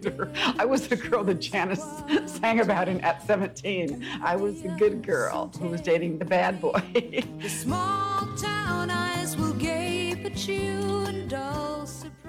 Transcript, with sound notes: I was the girl that Janis sang about in "At Seventeen." I was the good girl who was dating the bad boy (laughter).
(Singing) Their small town eyes will gape at you in dull surprise...